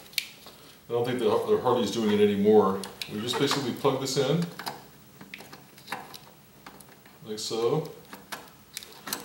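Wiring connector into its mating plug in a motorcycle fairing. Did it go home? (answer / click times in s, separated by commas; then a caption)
yes / 9.1 s. A plastic wiring harness connector is pushed into its mating plug inside the fairing of a Harley-Davidson Electra Glide motorcycle, with someone talking over the work. Small handling clicks and taps sound between the speech. The connector seats with a sharp click at 9.1 s.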